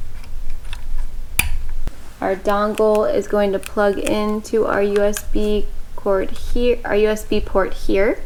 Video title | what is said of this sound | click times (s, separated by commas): Quilt Path unboxing - watch us setup and install Quilt Path on a Lucey | and that's only going to clip in one way you'll hear it click when it goes in | 1.4 s